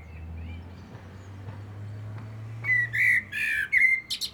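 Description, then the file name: Common blackbird song: after a stretch of low steady hum, one short phrase of fluted whistles ending in high squeaky notes. "Turdus merula"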